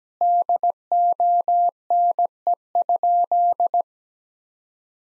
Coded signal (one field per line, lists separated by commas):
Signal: Morse code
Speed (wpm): 17 wpm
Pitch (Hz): 700 Hz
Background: none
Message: DONE?